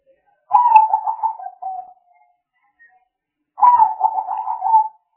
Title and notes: Pikat Burung Tekukur. Kumpulan suara burung tekukur